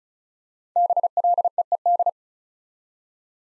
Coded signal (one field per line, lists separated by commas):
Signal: Morse code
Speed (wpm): 36 wpm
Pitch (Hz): 700 Hz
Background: none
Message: BLEED